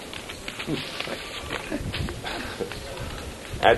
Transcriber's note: Prabhupāda and Tamāla Kṛṣṇa chuckling